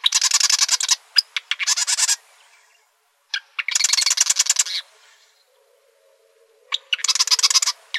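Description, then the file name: Marsh wren gives buzzy rattling bursts of rapid notes in three bouts with silent gaps. Arizona, 4 July 2003. "AZFO MAWR deviche 030704"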